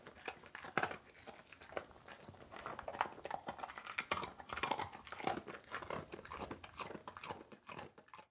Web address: Dog Wheaten Terrier Eat Treat Movement Tile Floor